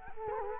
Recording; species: mosquito wingbeat signal from an infrared sensor; Culex quinquefasciatus